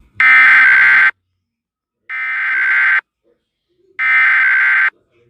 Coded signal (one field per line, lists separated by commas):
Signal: Emergency Alert System (SAME) tones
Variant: header bursts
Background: speech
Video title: Eas Scenario Google Classroom Part 2 (Credits in the Desc)